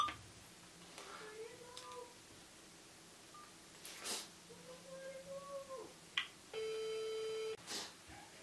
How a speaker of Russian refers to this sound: Телефон абонента занят.